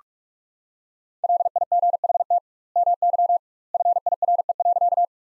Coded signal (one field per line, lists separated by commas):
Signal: Morse code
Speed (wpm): 46 wpm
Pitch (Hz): 700 Hz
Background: none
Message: LIGHT MY FIRE.